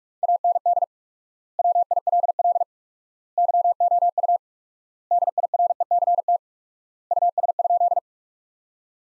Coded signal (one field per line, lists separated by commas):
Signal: Morse code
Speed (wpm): 42 wpm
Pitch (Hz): 700 Hz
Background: none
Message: AND WILL YOU DIRECT US?